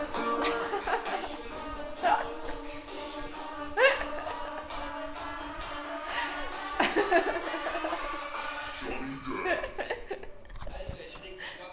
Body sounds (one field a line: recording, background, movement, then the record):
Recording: laughter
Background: music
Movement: walking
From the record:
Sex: female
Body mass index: 18.3 kg/m2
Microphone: on the chest, facing outward